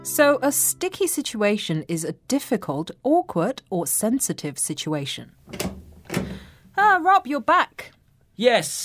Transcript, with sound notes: So a sticky situation is a difficult, awkward or sensitive situation. (Door opens again) Ah, Rob, you're back...
...yes.